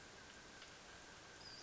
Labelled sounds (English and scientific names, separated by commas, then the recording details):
Western Flycatcher (Empidonax difficilis)
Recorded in Sonoma County, California